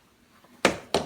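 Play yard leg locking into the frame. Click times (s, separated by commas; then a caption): 0.6 s, 0.9 s. The legs of a second travel crib are flipped down and lock into the play yard frame. Two sharp, broadband snaps ring out at 0.7 s and 0.9 s, each fading over a short tail after a quiet lead-in. Both legs lock into place.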